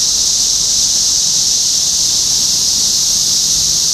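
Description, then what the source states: Cicada chorus forming a continuous shrill hiss-like buzz, unbroken and even in loudness for the whole stretch. Topeka, Kansas, 14 June 2015.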